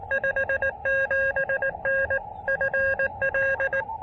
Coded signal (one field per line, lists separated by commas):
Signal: Morse code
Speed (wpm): 18 wpm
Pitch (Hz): 1600 Hz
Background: none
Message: 57N FL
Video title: A Low-Profile, Low-Impact POTA Activation at Myrtle Beach State Park!